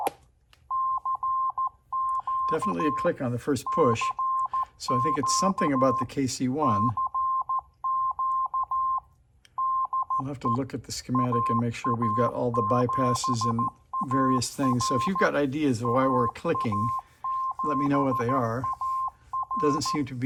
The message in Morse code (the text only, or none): CQ CQ CQ DE AA7AR AA7AR